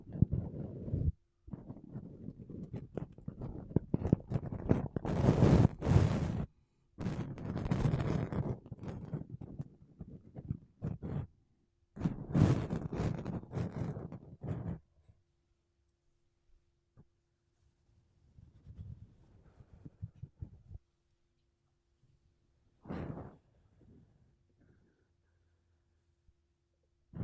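Makeup brushes and a sponge are rubbed against a microphone in dense, scratchy bursts, loudest and brightest around 5–6 and 12–14 seconds. After 15 seconds the brushing turns sparse and soft, with a few quiet sweeps and one sharp stroke near 23 seconds.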